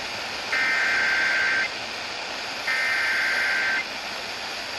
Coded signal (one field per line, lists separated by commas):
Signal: Emergency Alert System (SAME) tones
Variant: header bursts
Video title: An insane small Marginal Risk in Carolinas: EAS Alerts from 6/30/26